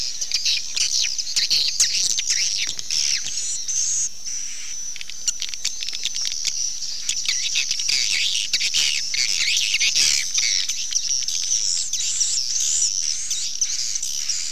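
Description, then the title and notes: Swiftlets chirping: a dense, continuous chorus of high, thin twittering calls, with scattered sharp clicks throughout. Associated with swiftlet farming in Asia. "Swiflet Bird Sound. Farming Swiflet Bird asia sound"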